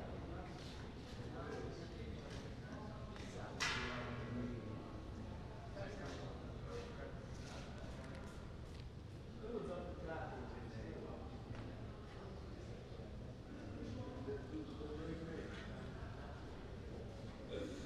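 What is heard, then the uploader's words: Voices murmur over a dense, steady low rumble of a metro, with a sharp bright clatter near four seconds and scattered knocks. Metro Rotterdam Coolhaven - Schiedam Centrum. Recording of waiting for the metro and the subsequent trip from Rotterdam Coolhaven to Schiedam Centrum.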